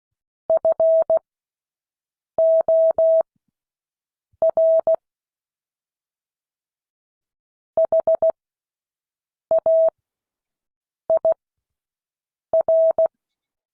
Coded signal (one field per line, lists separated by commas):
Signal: Morse code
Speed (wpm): 16 wpm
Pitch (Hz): 650 Hz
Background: none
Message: FOR HAIR